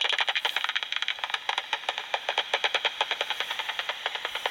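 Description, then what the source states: Soprano pipistrelle echolocating through a bat detector, a steady, rapid run of crisp ticks with slight variation in loudness. Soprano pipistrelle hunting at dusk on Ashdown Forest, heard through a bat detector; clearest at 50 kilohertz; its pips bounce off obstacles or gnats to judge distance, size and speed.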